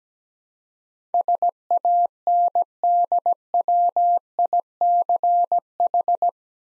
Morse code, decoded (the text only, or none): SANDWICH